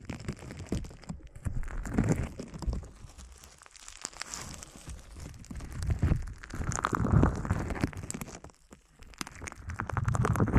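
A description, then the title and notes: Bubble wrap and a sponge are handled in a dense, crackling rustle with many small pops and crinkles packed together. The sound swells and eases in waves, with fuller stretches near 2, 7 and 10 seconds and brief near-silent gaps around 1, 4 and 8.5 seconds. Bubble Wrap, Sponge.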